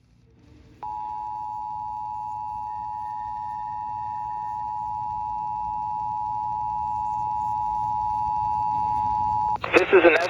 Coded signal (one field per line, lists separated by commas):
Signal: Emergency Alert System (SAME) tones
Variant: 853 and 960 Hz attention tone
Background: speech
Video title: Ventura County Monthly Tests (EAS #1197-#1199)